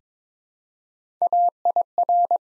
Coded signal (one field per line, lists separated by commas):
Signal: Morse code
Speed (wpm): 22 wpm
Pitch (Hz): 700 Hz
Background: none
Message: AIR